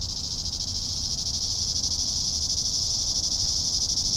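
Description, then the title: Cicadas buzzing in a steady, high, hissing drone with a fine pulsing texture, continuous throughout with faint low rumble beneath. "neoscenes: cicadas"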